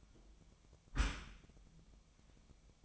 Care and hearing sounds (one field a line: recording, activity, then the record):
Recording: daily activity, microphone in the room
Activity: close dishwasher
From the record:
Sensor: 1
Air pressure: 1004.7 hPa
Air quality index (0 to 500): 116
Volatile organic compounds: 4 ppm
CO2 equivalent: 1609 ppm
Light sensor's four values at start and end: 9/22/8/9 and 9/22/8/9